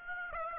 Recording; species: mosquito wingbeat signal from an infrared sensor; Aedes aegypti